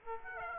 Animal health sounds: mosquito wingbeat signal from an infrared sensor; Aedes aegypti

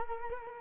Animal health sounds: mosquito wingbeat signal from an infrared sensor; Culex quinquefasciatus

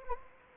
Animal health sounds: mosquito wingbeat signal from an infrared sensor; Anopheles gambiae

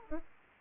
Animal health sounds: mosquito wingbeat signal from an infrared sensor; Aedes aegypti

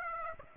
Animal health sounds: mosquito wingbeat signal from an infrared sensor; Aedes aegypti

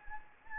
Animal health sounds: mosquito wingbeat signal from an infrared sensor; Anopheles gambiae

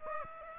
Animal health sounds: mosquito wingbeat signal from an infrared sensor; Aedes aegypti

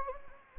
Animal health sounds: mosquito wingbeat signal from an infrared sensor; Anopheles gambiae

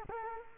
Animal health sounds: mosquito wingbeat signal from an infrared sensor; Culex quinquefasciatus

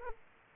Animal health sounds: mosquito wingbeat signal from an infrared sensor; Aedes aegypti

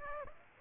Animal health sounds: mosquito wingbeat signal from an infrared sensor; Aedes aegypti

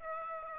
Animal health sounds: mosquito wingbeat signal from an infrared sensor; Aedes aegypti

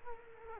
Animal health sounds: mosquito wingbeat signal from an infrared sensor; Culex quinquefasciatus

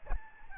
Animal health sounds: mosquito wingbeat signal from an infrared sensor; Aedes albopictus

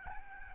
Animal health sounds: mosquito wingbeat signal from an infrared sensor; Aedes albopictus

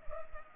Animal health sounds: mosquito wingbeat signal from an infrared sensor; Culex pipiens

